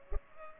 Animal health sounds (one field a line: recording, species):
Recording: mosquito wingbeat signal from an infrared sensor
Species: Culex pipiens